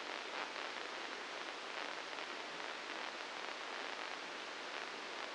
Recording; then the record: brain microelectrode recording played as sound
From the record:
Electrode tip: inside the subthalamic nucleus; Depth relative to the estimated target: 0 mm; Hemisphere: right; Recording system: NeuroSet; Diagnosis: Parkinson's disease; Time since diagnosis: 9 years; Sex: female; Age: 51 years